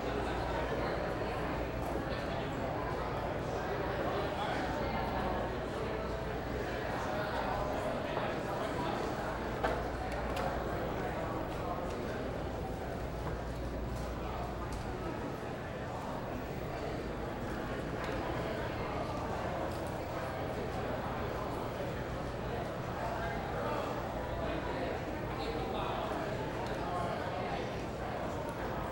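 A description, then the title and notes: A busy bar restaurant fills with a dense, steady murmur of many overlapping voices, no single conversation standing out. Clinks and small knocks of dishes scatter throughout, a slightly louder clack near ten seconds, over a low constant hum. Friendly Bar Restaurant Ambience.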